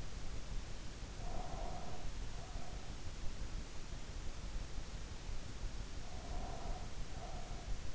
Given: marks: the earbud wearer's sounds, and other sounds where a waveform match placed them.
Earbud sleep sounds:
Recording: sounds in sleep by an in-ear microphone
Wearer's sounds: breath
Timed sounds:
1.15-2.90 s: breath
6.09-7.71 s: breath

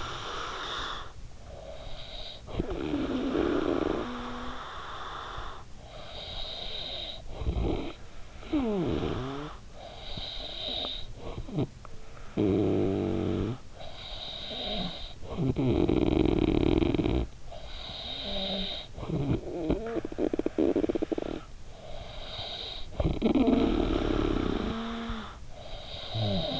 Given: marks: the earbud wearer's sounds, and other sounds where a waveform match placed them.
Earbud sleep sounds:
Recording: sounds in sleep by an in-ear microphone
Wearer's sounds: snoring breath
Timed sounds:
0.00-26.59 s: snoring breath

